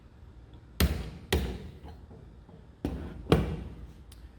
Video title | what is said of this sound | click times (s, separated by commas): Tool Holder Setup and Machine Loading Procedure | clockwise until you hear a popping sound that indicates you've reached the correct torque setting | 0.8 s